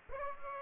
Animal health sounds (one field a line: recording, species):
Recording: mosquito wingbeat signal from an infrared sensor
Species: Aedes aegypti